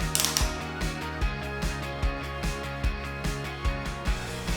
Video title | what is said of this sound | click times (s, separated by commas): Yakima Baseline Tower (4 Pack) -Video | Now you can completely tighten the C1 bolt with the torque tool until it clicks at least 3 times. | 0.2 s, 0.4 s